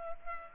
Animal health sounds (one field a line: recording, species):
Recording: mosquito wingbeat signal from an infrared sensor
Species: Culex pipiens